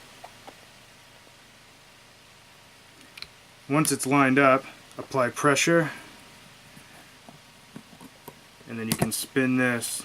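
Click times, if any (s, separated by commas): none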